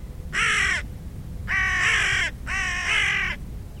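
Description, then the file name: Carrion crow giving three harsh, hoarse caws, each half a second to nearly a second long, spaced roughly a second apart, over a low background rumble. "Corvus corone"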